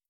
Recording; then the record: hydrophone in a shrimp aquaculture tank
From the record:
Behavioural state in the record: starved